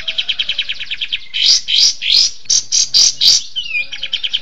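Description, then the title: Bird song: a run of rapid high chirps, then several loud rising buzzy notes, a sliding whistle and a final burst of quick chirps. Masteran bird sound, used for training birds. "Suara masteran Burung"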